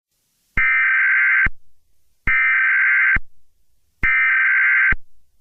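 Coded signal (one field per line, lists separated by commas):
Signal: Emergency Alert System (SAME) tones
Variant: header bursts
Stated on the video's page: Fictional EAS scenario, a simulated alert rather than a real broadcast.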